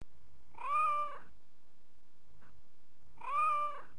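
Cat meowing twice, each meow a drawn-out, slightly rising then level cry lasting under a second, separated by a pause of about two seconds with a faint click.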